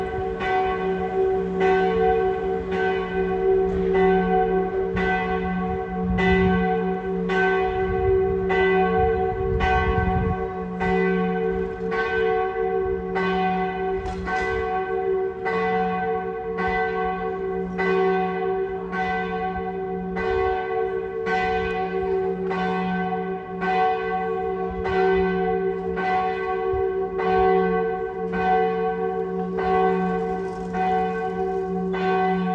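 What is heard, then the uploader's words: A deep, sonorous bell tolls at a steady pace, about one stroke per second, each ring sustaining into a continuous humming resonance throughout. There’s a church just a few blocks away from where we’ve been staying. Last night I went out and recorded it. The bell. It’s beautiful, with a deep and sonorous resonance.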